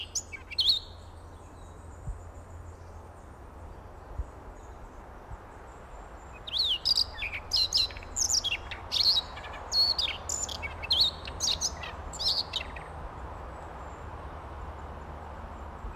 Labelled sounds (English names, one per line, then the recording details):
Siberian Rubythroat song
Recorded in the wild
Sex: male
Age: adult
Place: Paratunka, Kamtschatka, RU
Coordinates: 53.5667, 158.417
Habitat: scrubland
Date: 1999-06-13 18:33
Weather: overcast, ca. 13°C
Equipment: Sony WM-D6C, Sennheiser ME 80, K 30 AV Schalter I, Kopie Sony TCD-D8
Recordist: Frommolt, Karl-Heinz
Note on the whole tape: Buschbestand am Pionierlager: Gesang. Singt in einer Weide. Entfernung 5 m. Straßenlärm